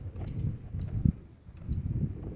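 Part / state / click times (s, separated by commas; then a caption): license plate light housing into rear hatch / not seated / none. A plastic license plate light housing is being put back into the rear hatch of a second-generation Prius and turned to snap it into place. Low, muffled handling and rubbing noises are heard, with one sharp knock at about 1.1 s. The clip ends before the housing goes home, so nothing has seated or clicked yet.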